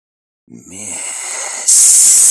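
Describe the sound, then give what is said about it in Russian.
A spider-like monster clinging to the ceiling with its legs gives a breathy hiss from above a man, opening with a brief low guttural rasp, then settling into a steady airy hiss that suddenly swells louder and sharper for the final stretch. “Тихое шипение донеслось сверху.”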